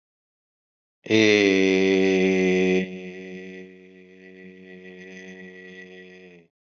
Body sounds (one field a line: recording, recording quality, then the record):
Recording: sustained vowel as in made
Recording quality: excellent, no background noise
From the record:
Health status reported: healthy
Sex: male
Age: 56 years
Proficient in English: yes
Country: India